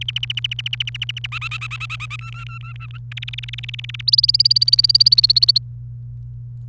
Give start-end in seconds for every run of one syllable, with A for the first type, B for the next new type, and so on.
0.01-1.26 A, 1.32-2.16 B, 2.19-2.98 C, 3.12-4.01 D, 4.08-5.58 E